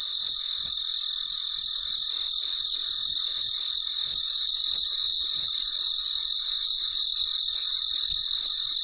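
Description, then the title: Cricket chirping steadily, high short pulses spaced evenly around three a second, backed by a continuous high-pitched insect drone. Recorded late at night in quiet surroundings. "深夜录制蟋蟀昆虫声"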